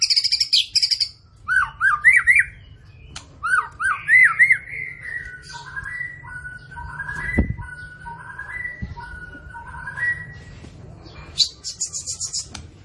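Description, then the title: White-rumped shama song: rich whistled phrases with looping rising-falling notes, sliding tones and short high chattering bursts, pauses between phrases, a low hum underneath. Morning song of a white-rumped shama in full song, played as a lure to prompt caged shamas to sing; rich, varied song content. "PANCINGAN MURAI BATU PAGI HARI MURAI BATU GACOR ISIAN MEWAH"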